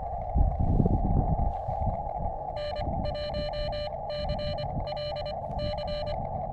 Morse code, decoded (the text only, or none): N1CLC